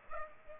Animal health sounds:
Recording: mosquito wingbeat signal from an infrared sensor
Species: Aedes aegypti

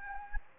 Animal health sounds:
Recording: mosquito wingbeat signal from an infrared sensor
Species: Anopheles gambiae

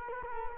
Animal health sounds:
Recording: mosquito wingbeat signal from an infrared sensor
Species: Culex quinquefasciatus

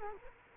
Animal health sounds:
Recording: mosquito wingbeat signal from an infrared sensor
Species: Culex quinquefasciatus

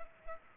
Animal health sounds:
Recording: mosquito wingbeat signal from an infrared sensor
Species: Culex pipiens

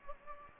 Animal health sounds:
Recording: mosquito wingbeat signal from an infrared sensor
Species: Anopheles gambiae

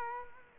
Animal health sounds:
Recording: mosquito wingbeat signal from an infrared sensor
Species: Culex quinquefasciatus

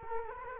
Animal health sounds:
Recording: mosquito wingbeat signal from an infrared sensor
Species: Culex quinquefasciatus

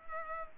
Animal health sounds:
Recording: mosquito wingbeat signal from an infrared sensor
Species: Culex pipiens

